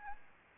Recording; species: mosquito wingbeat signal from an infrared sensor; Anopheles gambiae